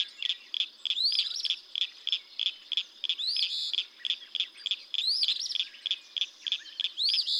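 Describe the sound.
Eastern phoebe phrases, buzzy and rising, recur several times among a fast, insistent run of repeated clipped notes that carries throughout.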